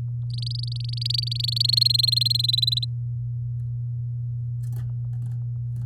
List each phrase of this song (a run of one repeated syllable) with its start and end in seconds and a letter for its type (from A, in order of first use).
0.30-1.79 A, 1.81-2.85 B